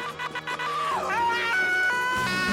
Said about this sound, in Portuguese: Tradicional salva de palmas aí, porque eles estão saindo do palco. Uhul!